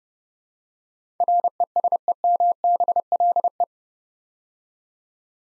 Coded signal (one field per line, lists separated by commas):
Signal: Morse code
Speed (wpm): 30 wpm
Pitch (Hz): 700 Hz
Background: none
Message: RESEMBLE